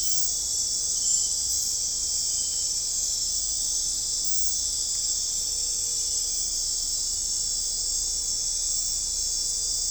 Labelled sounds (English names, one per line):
none